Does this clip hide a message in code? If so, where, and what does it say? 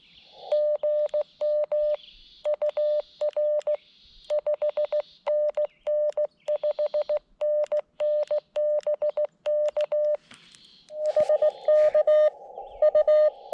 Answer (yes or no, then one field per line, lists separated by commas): yes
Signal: Morse code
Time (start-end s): 0.5-13.3 s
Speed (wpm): 16 wpm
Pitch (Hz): 590 Hz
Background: none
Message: GM UR 5NN 5NN BK HK U